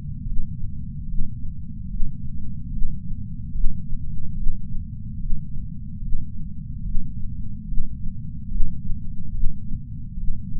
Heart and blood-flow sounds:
heart sounds by patch sensor on the chest; 73 bpm
0.22 s: heartbeat
1.04 s: heartbeat
1.86 s: heartbeat
2.69 s: heartbeat
3.51 s: heartbeat
4.34 s: heartbeat
5.16 s: heartbeat
5.98 s: heartbeat
6.82 s: heartbeat
7.64 s: heartbeat
8.48 s: heartbeat
9.30 s: heartbeat
10.14 s: heartbeat
From the record:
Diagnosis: coronary artery disease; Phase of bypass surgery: intraoperative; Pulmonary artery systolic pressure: 14 mmHg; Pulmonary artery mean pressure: 10 mmHg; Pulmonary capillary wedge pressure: 9 mmHg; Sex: female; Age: 74 years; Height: 160 cm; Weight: 64 kg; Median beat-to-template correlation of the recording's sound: 0.90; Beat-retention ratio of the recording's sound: 0.99

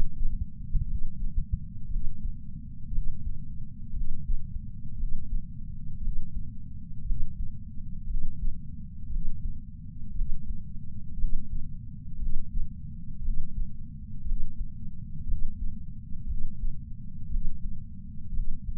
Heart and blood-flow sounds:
heart sounds by patch sensor on the chest; 58 bpm
0.84 s: heartbeat
1.87 s: heartbeat
2.89 s: heartbeat
3.92 s: heartbeat
4.95 s: heartbeat
5.99 s: heartbeat
7.03 s: heartbeat
8.05 s: heartbeat
9.08 s: heartbeat
10.12 s: heartbeat
11.15 s: heartbeat
12.17 s: heartbeat
13.20 s: heartbeat
14.23 s: heartbeat
15.24 s: heartbeat
16.25 s: heartbeat
17.27 s: heartbeat
18.31 s: heartbeat
From the record:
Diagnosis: coronary artery disease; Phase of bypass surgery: postoperative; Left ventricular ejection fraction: 61.7%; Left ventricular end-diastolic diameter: 51 mm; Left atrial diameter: 37 mm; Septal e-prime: 6.5 cm/s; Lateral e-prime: 9.2 cm/s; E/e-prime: 11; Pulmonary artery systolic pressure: 22 mmHg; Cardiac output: 4.8 L/min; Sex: male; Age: 59 years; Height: 168 cm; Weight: 81 kg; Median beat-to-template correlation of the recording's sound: 0.85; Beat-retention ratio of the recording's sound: 1.00

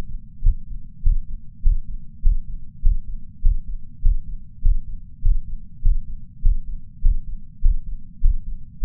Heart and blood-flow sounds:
heart sounds by patch sensor on the chest; 100 bpm
0.43 s: heartbeat
1.03 s: heartbeat
1.62 s: heartbeat
2.22 s: heartbeat
2.82 s: heartbeat
3.42 s: heartbeat
4.02 s: heartbeat
4.62 s: heartbeat
5.22 s: heartbeat
5.82 s: heartbeat
6.42 s: heartbeat
7.02 s: heartbeat
7.61 s: heartbeat
8.21 s: heartbeat
8.80 s: heartbeat
From the record:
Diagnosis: coronary artery disease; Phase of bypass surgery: intraoperative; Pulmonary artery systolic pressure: 30 mmHg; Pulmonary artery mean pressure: 20 mmHg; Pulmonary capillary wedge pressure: 14 mmHg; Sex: male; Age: 62 years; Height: 165 cm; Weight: 72 kg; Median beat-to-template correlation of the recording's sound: 0.95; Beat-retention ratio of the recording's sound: 0.98

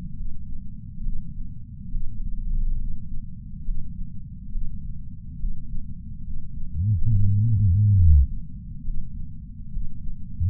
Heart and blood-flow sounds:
heart sounds by patch sensor on the chest; 69 bpm
0.15 s: heartbeat
1.02 s: heartbeat
1.90 s: heartbeat
2.78 s: heartbeat
3.64 s: heartbeat
4.50 s: heartbeat
5.38 s: heartbeat
6.23 s: heartbeat
7.09 s: heartbeat
7.95 s: heartbeat
8.83 s: heartbeat
9.71 s: heartbeat
From the record:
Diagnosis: coronary artery disease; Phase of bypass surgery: preoperative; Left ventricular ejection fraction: 61.7%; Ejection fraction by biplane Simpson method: 55%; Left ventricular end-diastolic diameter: 51 mm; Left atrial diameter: 36 mm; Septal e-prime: 7.9 cm/s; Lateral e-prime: 10.3 cm/s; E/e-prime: 9.8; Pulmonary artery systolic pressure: 23 mmHg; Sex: male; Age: 58 years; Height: 160 cm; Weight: 70 kg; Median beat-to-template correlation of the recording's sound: 0.83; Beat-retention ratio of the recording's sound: 0.99

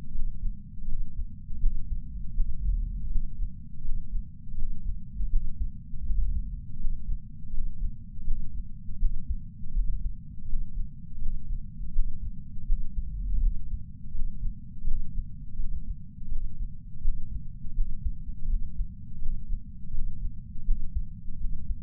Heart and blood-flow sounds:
heart sounds by patch sensor on the chest; 82 bpm
0.12 s: heartbeat
0.86 s: heartbeat
1.59 s: heartbeat
2.33 s: heartbeat
3.08 s: heartbeat
3.82 s: heartbeat
4.55 s: heartbeat
5.29 s: heartbeat
6.03 s: heartbeat
6.77 s: heartbeat
7.51 s: heartbeat
8.24 s: heartbeat
8.98 s: heartbeat
9.72 s: heartbeat
10.46 s: heartbeat
11.19 s: heartbeat
11.92 s: heartbeat
12.65 s: heartbeat
13.39 s: heartbeat
14.12 s: heartbeat
14.84 s: heartbeat
15.56 s: heartbeat
16.29 s: heartbeat
17.01 s: heartbeat
17.73 s: heartbeat
18.47 s: heartbeat
19.19 s: heartbeat
19.91 s: heartbeat
20.64 s: heartbeat
21.37 s: heartbeat
From the record:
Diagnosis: coronary artery disease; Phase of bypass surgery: postoperative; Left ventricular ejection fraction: 39.2%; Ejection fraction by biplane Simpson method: 34.1%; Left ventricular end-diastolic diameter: 57 mm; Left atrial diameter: 41 mm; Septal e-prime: 4.9 cm/s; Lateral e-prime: 6.9 cm/s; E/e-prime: 12.9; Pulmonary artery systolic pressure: 24 mmHg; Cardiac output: 4.6 L/min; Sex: male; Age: 72 years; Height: 170 cm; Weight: 79 kg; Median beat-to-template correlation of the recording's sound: 0.87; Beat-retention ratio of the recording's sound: 0.99

